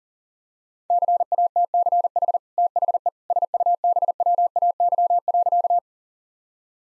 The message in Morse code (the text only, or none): CATCH THE SUBWAY.